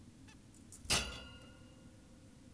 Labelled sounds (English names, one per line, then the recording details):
Zebra Finch
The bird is an adult
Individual g17y2U